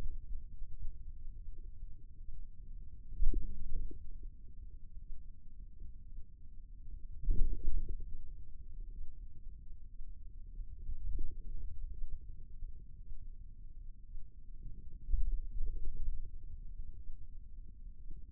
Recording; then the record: forearm muscle sounds (acoustic myography)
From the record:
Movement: ulnar deviation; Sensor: system 2, bracelet of six BSWA MPA416 microphones around the upper forearm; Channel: 3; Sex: male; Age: 22 years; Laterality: right